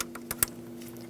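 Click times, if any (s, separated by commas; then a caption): 0.4 s. An electrical wiring connector is pushed onto the VVT sensor of a 2012–2020 Chevrolet Sonic 1.8L L4 during a throttle body replacement, with a steady low hum underneath. Several small plastic ticks come at about 0.0, 0.2 and 0.3 s, then the sharpest, loudest click lands at 0.4 s. That click is the connector latching, and it is seated.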